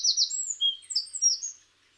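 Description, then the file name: Eurasian wren song ending: a brief rapid trill followed by several high, sliding whistled notes fading out. "Troglodytes troglodytes"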